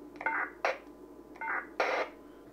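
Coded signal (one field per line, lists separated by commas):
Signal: radio ID data burst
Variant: MDC-1200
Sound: two brief buzzy data chirps, each followed by a short burst of squelch hiss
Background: radio static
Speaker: you've got two options you've got MDC so if we turn that on and have a listen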